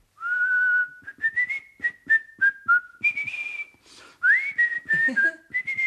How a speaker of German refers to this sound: Und da hat er nach Feierabend vor sich hingepfiffen.